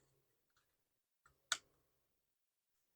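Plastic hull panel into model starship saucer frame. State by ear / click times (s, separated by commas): seated / 1.5 s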